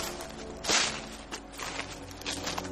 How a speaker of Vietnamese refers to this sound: Bỗng tôi nghe đằng sau có tiếng bước chân loạt xòa, loạt xoạt. Ấy cũng đến là lạ, dần dần là trong cái đêm khuya này, cái tiếng bước chân đó nó rõ lắm.